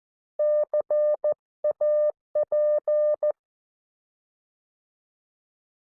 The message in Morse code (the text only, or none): CAP